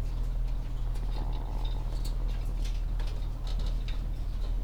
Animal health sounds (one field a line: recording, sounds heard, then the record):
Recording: poultry house recording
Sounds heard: sick chickens (respiratory disease)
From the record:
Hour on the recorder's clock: 16